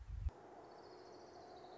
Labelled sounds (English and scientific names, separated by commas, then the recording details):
Orange-crowned Warbler (Leiothlypis celata)
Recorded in Sonoma County, California